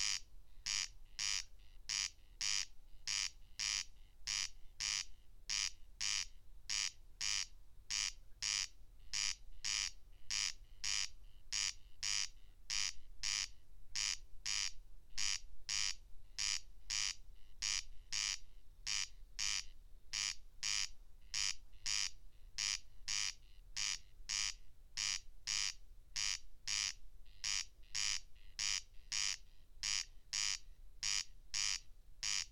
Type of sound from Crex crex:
song